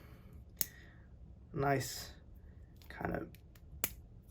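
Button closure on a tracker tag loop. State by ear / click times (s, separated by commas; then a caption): seated / 3.8 s. A button on an Apple AirTag loop accessory is pushed and clicks into place at 3.8 seconds, securing the loop. Someone talks in between, and there is an earlier sharp click at 0.6 seconds. The button is firmly closed and the loop is held in place.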